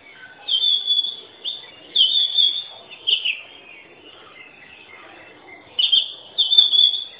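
Oriental magpie-robin song: clear whistled notes in separate bursts about a second apart, then a pause of over two seconds before more phrases.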